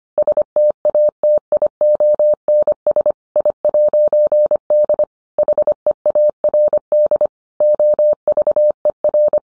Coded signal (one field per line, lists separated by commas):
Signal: Morse code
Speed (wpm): 25 wpm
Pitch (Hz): 600 Hz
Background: none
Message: STATIONS I'D HEARD OVER